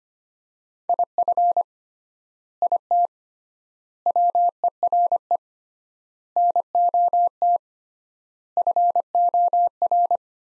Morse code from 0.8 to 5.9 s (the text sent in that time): IF IT WERE